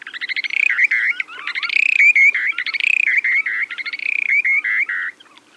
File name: Short billed Dowitcher